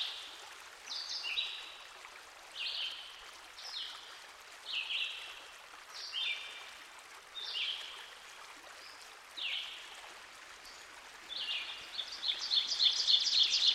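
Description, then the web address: Ovenbird song at the end: quick, ringing repeated notes building in loudness, after a long series of another bird's downslurred phrases, with steady rushing water behind. Recorded by a stream. "Dan Gibson Songbirds By The Stream. Ovenbird"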